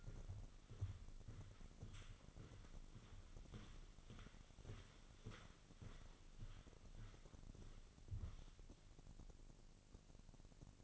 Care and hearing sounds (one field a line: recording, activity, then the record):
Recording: daily activity, microphone in the room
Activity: walk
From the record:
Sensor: 4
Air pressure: 1010.1 hPa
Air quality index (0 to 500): 174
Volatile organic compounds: 2 ppm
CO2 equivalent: 1264 ppm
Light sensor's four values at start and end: 57/142/60/65 and 56/139/58/64